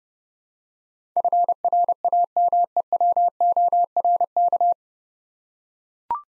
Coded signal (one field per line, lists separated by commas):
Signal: Morse code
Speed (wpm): 32 wpm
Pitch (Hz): 700 Hz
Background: none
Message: FRAMEWORK